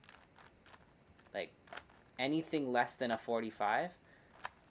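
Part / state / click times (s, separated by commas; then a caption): flexible magnetic accessory snapping into its mounted position / seated / 4.4 s. Someone talks while turning one side of a flexible, magnetic accessory, with faint handling taps and clicks in the first second. A single sharp snap at 4.5 s marks the accessory popping into place, seated in its mounted position.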